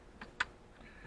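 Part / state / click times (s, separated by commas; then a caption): plastic plug or clip going into slots on the backup camera monitor unit / seated / 0.4 s. A plastic plug or clip on a Yakry backup camera monitor unit for a 2008 Mustang is pushed hard into the unit's slots after a failed first try. A faint tick at 0.2 s is followed by a sharp, bright click at 0.4 s as the part seats firmly in place.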